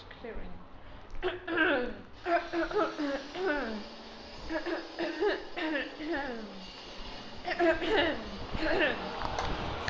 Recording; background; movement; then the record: throat clearing; traffic; walking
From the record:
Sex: female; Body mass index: 18.3 kg/m2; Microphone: on the chest, facing outward